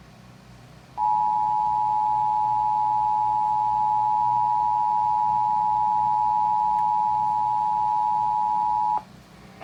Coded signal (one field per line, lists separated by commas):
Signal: Emergency Alert System (SAME) tones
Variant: 853 and 960 Hz attention tone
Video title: EAS alerts from August 1-3, 2022, EAS 1,024-1,057